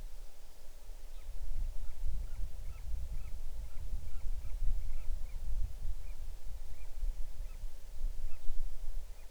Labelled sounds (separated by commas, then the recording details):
bird
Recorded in the Arctic National Wildlife Refuge, Alaska, on 6 July 2019 at 01:15
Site 39